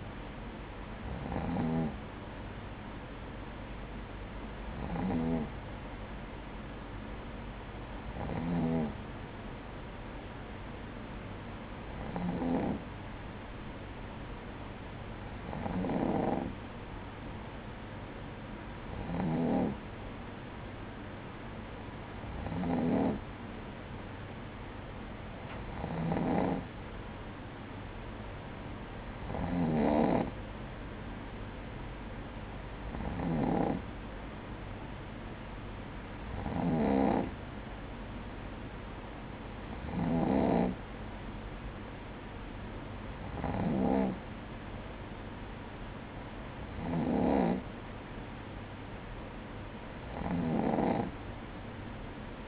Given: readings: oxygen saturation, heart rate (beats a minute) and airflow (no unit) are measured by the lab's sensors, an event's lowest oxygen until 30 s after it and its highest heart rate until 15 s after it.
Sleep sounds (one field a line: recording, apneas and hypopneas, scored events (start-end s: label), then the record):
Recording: breathing in sleep by a voice recorder at the bedside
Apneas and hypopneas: none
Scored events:
none scored
From the record:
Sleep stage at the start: N2 (light sleep)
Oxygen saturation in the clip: 95 to 96%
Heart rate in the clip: 55 to 59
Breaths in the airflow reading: 15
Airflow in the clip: -6.5 to 5.4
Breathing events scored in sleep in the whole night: 180 in 6.7 hours asleep